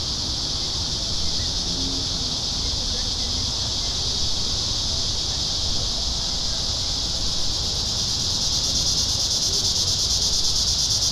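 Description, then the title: Cicada chorus, a continuous shrill buzz that swells slightly louder toward the end, with a faint low rumble beneath. Cicadas singing in town. "neoscenes: cicadas in town"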